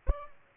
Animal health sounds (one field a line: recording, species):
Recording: mosquito wingbeat signal from an infrared sensor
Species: Aedes albopictus